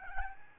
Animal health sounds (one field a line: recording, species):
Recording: mosquito wingbeat signal from an infrared sensor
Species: Aedes albopictus